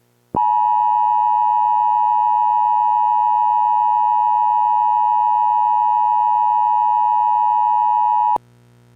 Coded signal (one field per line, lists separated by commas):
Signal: Emergency Alert System (SAME) tones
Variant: 853 and 960 Hz attention tone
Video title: EAS MOCK - Los Angeles Assault